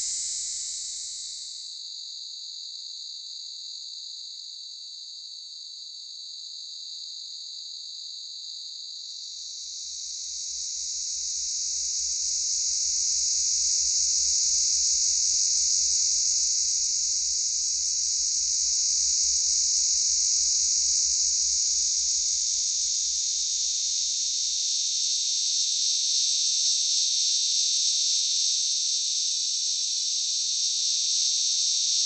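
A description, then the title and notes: A cicada drones in a continuous, high, hissing buzz with no breaks. Around ten seconds in the sound swells louder and fuller, holding steady to the end, while a faint low rumble runs underneath through the middle stretch. Cicada.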